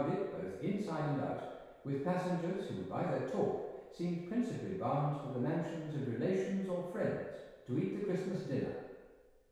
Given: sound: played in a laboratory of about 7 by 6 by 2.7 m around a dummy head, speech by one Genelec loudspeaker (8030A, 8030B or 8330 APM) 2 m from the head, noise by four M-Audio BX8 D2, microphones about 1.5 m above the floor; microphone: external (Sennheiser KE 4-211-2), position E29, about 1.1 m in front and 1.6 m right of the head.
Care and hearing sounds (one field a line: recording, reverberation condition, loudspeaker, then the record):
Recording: male speech in English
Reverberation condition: high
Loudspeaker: 90 degrees to the right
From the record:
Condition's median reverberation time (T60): about 1300 ms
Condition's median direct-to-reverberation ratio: about -4.0 dB